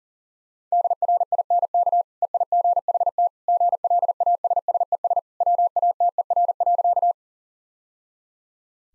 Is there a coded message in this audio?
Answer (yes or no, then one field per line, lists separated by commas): yes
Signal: Morse code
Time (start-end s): 0.7-7.1 s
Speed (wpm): 40 wpm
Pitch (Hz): 700 Hz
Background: none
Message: DRINK EIGHT GLASSES WATER.